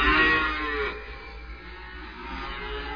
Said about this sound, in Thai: เสียงร้องของเด็กและฝูงสัตว์ที่หิวน้ำระงมขึ้นอีกครั้งหนึ่ง